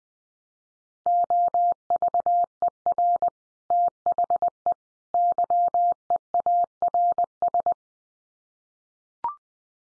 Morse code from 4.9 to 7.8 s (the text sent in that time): YEARS